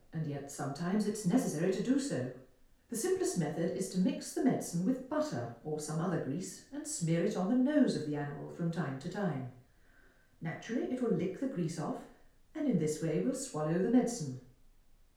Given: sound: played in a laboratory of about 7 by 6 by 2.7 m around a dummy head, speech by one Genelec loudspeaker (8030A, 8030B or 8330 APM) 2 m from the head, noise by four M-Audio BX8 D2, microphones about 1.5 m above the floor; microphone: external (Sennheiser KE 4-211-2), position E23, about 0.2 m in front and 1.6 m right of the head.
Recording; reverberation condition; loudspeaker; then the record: female speech in English; medium; 30 degrees to the left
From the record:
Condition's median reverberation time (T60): about 510 ms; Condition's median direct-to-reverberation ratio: about -0.5 dB